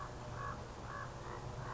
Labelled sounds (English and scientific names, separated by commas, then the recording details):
Common Raven (Corvus corax)
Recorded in Sonoma County, California